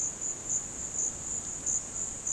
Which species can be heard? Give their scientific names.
none